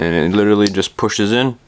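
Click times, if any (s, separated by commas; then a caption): none. A plastic housing cap is slid up over the freshly soldered pins of a Spektrum IC5 plug connector on an ESC lead, ready to be pushed in until it snaps home. Someone talks throughout the 1.7-second clip, and no sharp sounds are heard. Nothing has seated or clicked yet.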